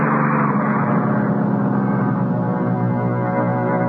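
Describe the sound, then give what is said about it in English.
A heavy number 107 city bus pulls away from a covered bus stop, its engine rumbling steadily with a deep low drone and harmonic hum, pitch shifting slightly, loud and continuous with no voices. “When it pulled away, I was all alone at the bus stop.”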